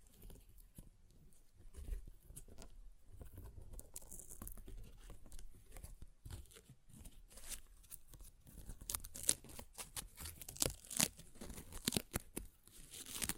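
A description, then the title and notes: Paper is being ripped and torn in a run of short, crackling bursts that come irregularly throughout. The tearing starts sparse and grows busier and sharper after about eight seconds, with dense rustling patter between the louder rips. ASMR Paper Ripping Tearing Sounds (No Talking).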